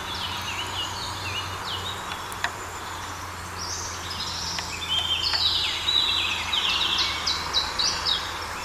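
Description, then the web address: Iberian chiffchaff singing quick runs of high, chipping and slurred notes, busiest in the second half, over a constant low hum of background noise. Recorded in Portugal. "Phylloscopus ibericus Portugali"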